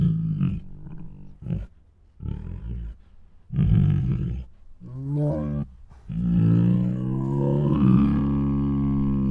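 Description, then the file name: Tiger grunts and roars, short bursts at first, then a longer, louder wavering roar. Two tigers making moans and roars. "Two Tigers Make Many Moans, Roars and Snores [Sound Ideas]"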